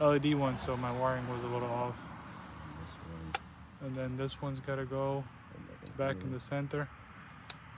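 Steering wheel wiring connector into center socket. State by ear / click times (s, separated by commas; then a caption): seated / 7.5 s. A steering wheel wiring connector is pushed back into its center socket during a steering wheel swap on a 10th gen Accord. Someone talks, and the connector seats with a single sharp click at 7.5 s.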